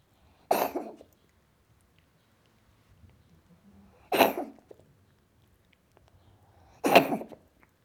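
A cat gives three sharp, harsh coughs, spaced about three seconds apart, each a short noisy burst that fades quickly.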